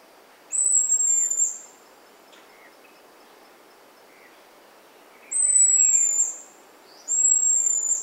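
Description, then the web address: Buffy-headed marmoset calls: three sustained, shrill high whistles, each dropping slightly at the end, separated by long pauses filled with faint background hiss. South American rainforest primate. "Nature Songs S America Primates of the Rainforest Buffy-headed marmoset"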